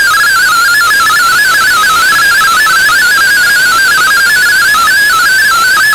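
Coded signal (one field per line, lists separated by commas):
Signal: multi-tone FSK (Olivia or MFSK type)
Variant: MFSK32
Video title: DigiDX digital MFSK32 broadcast on WRMI 15770Khz Shortwave Oct 9 2016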